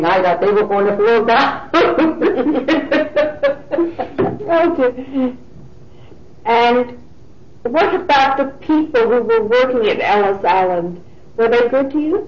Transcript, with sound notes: I thought they were going to fall down. (Laughter)
And what about the people who were working at Ellis Island, were they good to you?